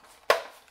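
The folding stock of a CYMA CM.11 airsoft G36C replica is swung over and clicks into its locked position on the receiver hinge. A single sharp click lands at 0.3 s, then rings briefly and fades, with a much fainter tick near 0.7 s. The stock is seated and locked.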